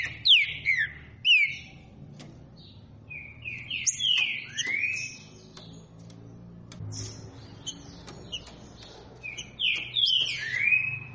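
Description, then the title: Green-winged saltator song: clear slurred whistled notes in short groups with pauses between them. Song type called voice 09 (voz 09), sung loudly, used to warm up other saltators. "Canto De Trinca Ferro Voz 09. TRINCA FERRO CANTANDO FORTE. ESQUENTAR TRINCA FERRO"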